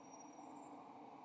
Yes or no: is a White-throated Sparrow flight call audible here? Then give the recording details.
no. No flight call is heard. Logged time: 05:59 on 4 December 2014